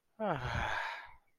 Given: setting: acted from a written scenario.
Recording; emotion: vocal sound without words; serenity